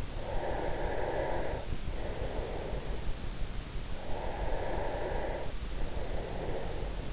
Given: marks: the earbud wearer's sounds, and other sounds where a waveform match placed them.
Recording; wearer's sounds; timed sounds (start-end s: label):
sounds in sleep by an in-ear microphone; breath
0.06-3.20 s: breath
3.96-7.13 s: breath